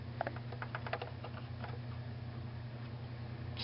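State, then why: Not seated. A RAM memory module is positioned and slid onto the corners of a motherboard DIMM slot before being pressed home. Light taps from handling are heard between about 0.2 and 0.9 seconds over a steady low hum. The module has not seated or clicked yet.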